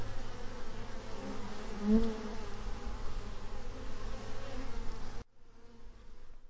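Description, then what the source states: Honey bee buzz, a continuous low hum with one louder bee passing about two seconds in, then the sound drops abruptly to a faint hum after five seconds. Bees in a meadow close to a hive.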